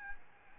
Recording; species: mosquito wingbeat signal from an infrared sensor; Aedes albopictus